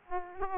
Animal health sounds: mosquito wingbeat signal from an infrared sensor; Aedes aegypti

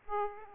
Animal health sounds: mosquito wingbeat signal from an infrared sensor; Aedes aegypti

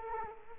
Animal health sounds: mosquito wingbeat signal from an infrared sensor; Culex quinquefasciatus

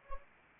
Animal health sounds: mosquito wingbeat signal from an infrared sensor; Anopheles arabiensis

